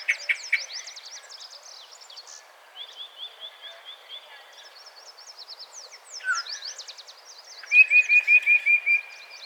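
Yellow-breasted chat song: scattered high chips, then a rapid run of repeated notes, and a loud series of about seven clipped rising notes near the end, with faint high chirps behind.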